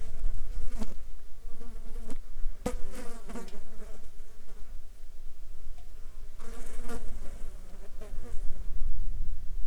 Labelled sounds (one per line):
insects